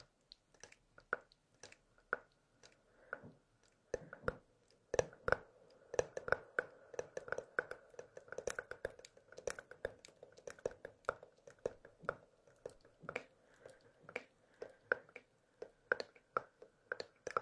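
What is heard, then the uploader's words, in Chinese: Hands rubbing together, a dense run of short brushing and squishing strokes that comes in quick, uneven bursts. The rubbing is sparse at first and grows busier after about four seconds, with sharper clicks scattered throughout and a faint steady tone underneath. 搓手手。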